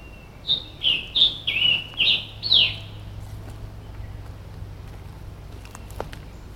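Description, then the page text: Scarlet tanager song: a quick phrase of six hoarse, burry notes, then quiet. Recorded in Maryland, United States. "Scarlet Tanager by David via iNaturalist"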